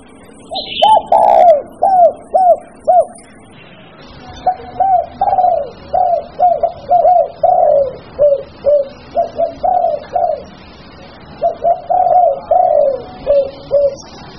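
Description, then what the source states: Bird song: quick runs of short, downward-hooked whistles repeated in uneven bursts, backed by a constant low hum. Mixed birds.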